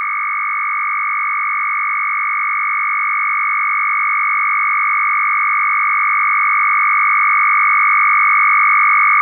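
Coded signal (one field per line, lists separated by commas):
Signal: RTTY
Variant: Russian, 1000 Hz shift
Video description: Russian RTTY FSK 1000Hz mark and space separation.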